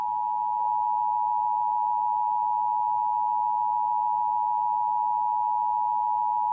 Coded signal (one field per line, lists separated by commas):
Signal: Emergency Alert System (SAME) tones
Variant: 853 and 960 Hz attention tone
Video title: The southeast super outbreak (EAS Scenario)